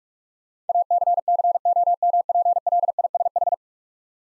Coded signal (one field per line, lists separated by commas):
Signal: Morse code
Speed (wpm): 45 wpm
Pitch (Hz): 700 Hz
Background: none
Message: ACCOMPLISH